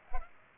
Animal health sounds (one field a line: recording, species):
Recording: mosquito wingbeat signal from an infrared sensor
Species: Culex pipiens